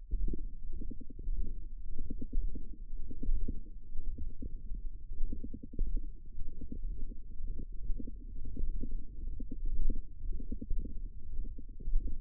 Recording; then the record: forearm muscle sounds (acoustic myography)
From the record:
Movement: radial deviation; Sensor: system 1, eight BSWA MPA416 microphones around the upper forearm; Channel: 8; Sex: female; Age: 22 years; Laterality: right